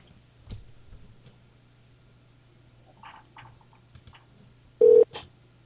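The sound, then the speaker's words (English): A handful of short electronic telephone keypad tones, dialing a call to Corey Haim or Corey Feldman, sound over a steady low hum, with soft clicks between them and one louder, sharper beep near the end. “We just called Corey Haim.”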